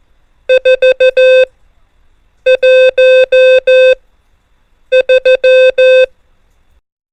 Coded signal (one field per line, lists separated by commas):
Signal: Morse code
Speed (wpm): 14 wpm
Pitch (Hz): 520 Hz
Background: none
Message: 4 1 3